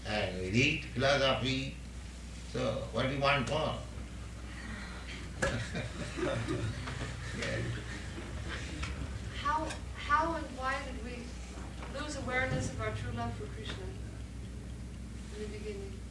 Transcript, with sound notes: and we read philosophy. So what you want more? [laughs] Yes?
How and why did we lose our awareness of our true love for Kṛṣṇa in the beginning?